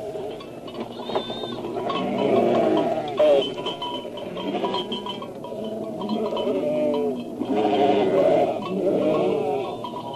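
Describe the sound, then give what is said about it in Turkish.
A flock of sheep bleat in overlapping, wavering calls, a dense chorus of nasal cries rising and falling over a low rumble, with no pause across the whole stretch. “Siz de işitiyor musunuz? Evet, bir koyun sürüsü.”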